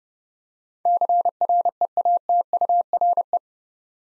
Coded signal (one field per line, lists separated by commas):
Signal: Morse code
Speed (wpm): 30 wpm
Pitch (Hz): 700 Hz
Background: none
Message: CREATURE